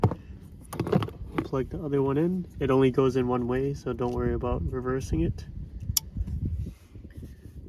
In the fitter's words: you hear that click you know it's secured